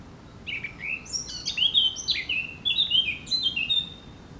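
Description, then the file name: Eurasian blackcap song: one quick phrase of sweet, fluty notes, each sliding downward, run together without a break. "Sylvia atricapilla"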